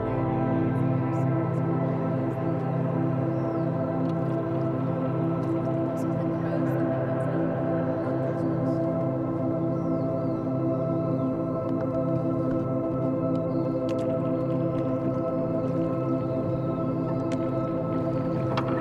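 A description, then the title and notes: Rowing on a lake runs under a thick, steady drone of sustained tones, low and middle pitches layered at an unchanging level for the whole stretch. Faint splashes and small bright ticks appear now and then, clustering near the start and the final seconds. Row Boat on a Lake in Japan with Binaural Beats. We are blessed to present Mike rowing a boat on a lake in japan mixed with his binaural beats.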